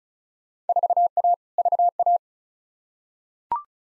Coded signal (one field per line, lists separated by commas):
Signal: Morse code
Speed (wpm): 34 wpm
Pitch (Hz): 700 Hz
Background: none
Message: 4A VA